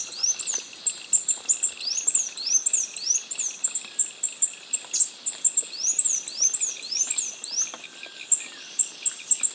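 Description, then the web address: Capped Conebill calls: a rapid, even series of very high, thin, upslurred notes repeated without pause. Recorded in Ecuador. "Natures Songs S America Birds of Ecuador 607 Capped Conebill"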